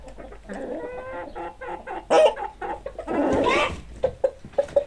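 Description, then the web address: Chicken clucking: a mix of clucks and short squawks, with a few brief, noisy bursts of sound. "sounds animals chickens"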